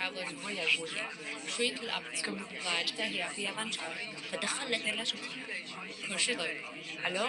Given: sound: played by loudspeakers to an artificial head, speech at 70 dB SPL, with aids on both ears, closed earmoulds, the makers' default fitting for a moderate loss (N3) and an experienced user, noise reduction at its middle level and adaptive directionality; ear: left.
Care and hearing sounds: speech test signal (ISTS) in cocktail-party noise; -6 dB; in front (0 degrees)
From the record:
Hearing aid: class 2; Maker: I

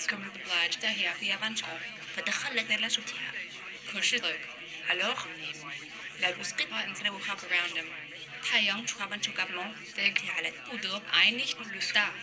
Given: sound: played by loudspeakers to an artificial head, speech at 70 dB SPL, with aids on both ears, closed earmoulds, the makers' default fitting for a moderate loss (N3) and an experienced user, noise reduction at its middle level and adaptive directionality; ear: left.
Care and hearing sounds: speech test signal (ISTS) in cocktail-party noise; +6 dB; in front (0 degrees)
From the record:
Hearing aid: class 2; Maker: G

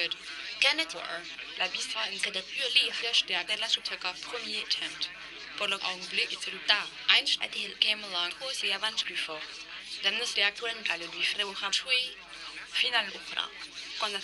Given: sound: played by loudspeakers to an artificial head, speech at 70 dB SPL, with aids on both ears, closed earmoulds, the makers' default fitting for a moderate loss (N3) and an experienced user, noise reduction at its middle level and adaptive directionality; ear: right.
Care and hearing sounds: speech test signal (ISTS) in cocktail-party noise; +6 dB; on the right (90 degrees)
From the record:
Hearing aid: class 2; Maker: B

